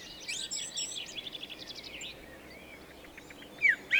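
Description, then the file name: Eurasian blackbird calling with a run of quick, thin twittering notes, then a brief gap and two sharp, loud chirps at the close. "Turdus merula"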